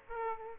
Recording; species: mosquito wingbeat signal from an infrared sensor; Aedes aegypti